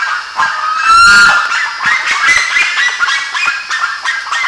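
Bird flock chattering and honking, with a loud harsh screeching call bursting out around the one-second mark above the busy background chorus.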